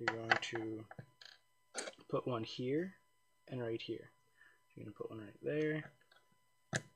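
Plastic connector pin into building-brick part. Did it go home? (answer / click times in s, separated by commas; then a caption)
yes / 6.8 s. A small plastic connecting pin is pushed into a hole in a plastic building-brick part while someone talks. A sharp click at 6.8 s marks the pin seating into place.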